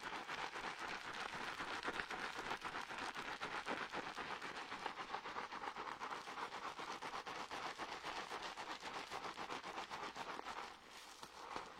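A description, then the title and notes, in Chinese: A dry hair wash: steady rubbing and scratching through hair makes a dense, crackly rustle, bright and continuous like light rain. Quick strokes blur together throughout, with a brief softer moment near the eleventh second before the rubbing resumes. 发廊小姐姐为你的头发做干洗。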